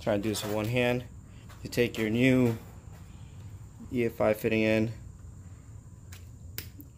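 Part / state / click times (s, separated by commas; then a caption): EFI fuel fitting into fuel pump housing / seated / 6.6 s. Someone talks while a new EFI fitting is pushed one-handed into an RSX fuel pump housing being modified for a fuel return setup. After a quiet stretch, the fitting seats with a single sharp snap at 6.6 s.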